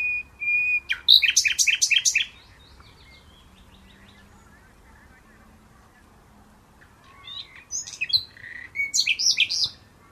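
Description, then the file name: Common nightingale phrases: a pure whistle, then a loud pulsing trill, silence for several seconds, then another varied burst of chirps and rattles. "Luscinia megarhynchos"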